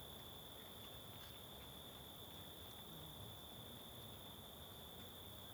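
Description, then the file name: Cricket: steady, unvarying high trill running throughout, with quiet background hiss and a few faint ticks. Constant cricket in forest ambience on the Simão Correa waterfall trail. "Ambiencia em Bosque na Trilha da Cachoeira Simao Correa com Moscas e Grilo Constante"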